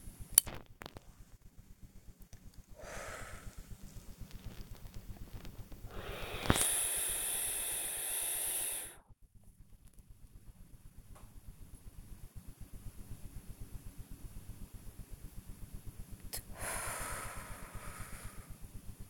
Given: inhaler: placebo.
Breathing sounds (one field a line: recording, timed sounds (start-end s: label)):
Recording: one use of a dry powder inhaler by a smartwatch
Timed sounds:
0.05-0.73 s: inhaler activation
2.70-3.81 s: exhalation
5.78-9.21 s: inhalation
16.51-18.78 s: exhalation